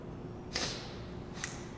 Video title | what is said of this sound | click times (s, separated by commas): Jason Rose Discussing the RUPES Nano Long vs. Short Neck | you can feel it click down in you hear that so | 0.6 s, 1.4 s